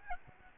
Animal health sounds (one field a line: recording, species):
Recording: mosquito wingbeat signal from an infrared sensor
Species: Aedes albopictus